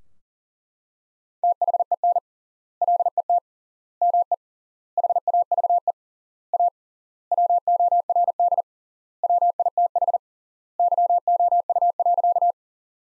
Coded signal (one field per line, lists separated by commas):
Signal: Morse code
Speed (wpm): 40 wpm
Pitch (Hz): 700 Hz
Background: none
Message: THEN LET ME HAVE A WORD WITH YOU.